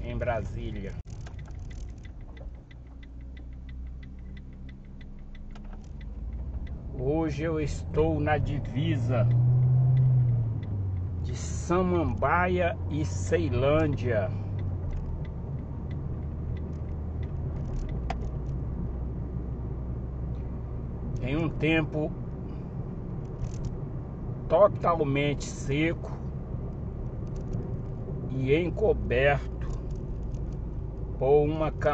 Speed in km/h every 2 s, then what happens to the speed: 5, 0, 4, 22, 30, 33, 40, 45, 48, 49, 50, 52, 53, 50, 42, 35.
1-3 standing. 3-24 pulls away to 53. 24-32 slows to 35.